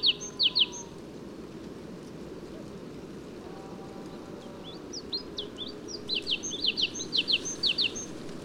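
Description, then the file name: Great tit calling in short bursts of paired sharp downslurred notes at the start and end, with faint high chirps in between over a low steady rumble. "Parus major"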